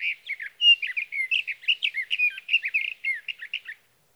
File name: Sage Thrasher